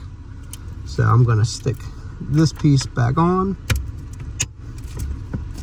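A removed piece near a Jeep or Chrysler brake pedal is pushed back onto its mount after a new brake pedal clip has been fitted. Someone talks, then a few light taps are heard before a sharp snap at 4.4 seconds as the piece seats back on.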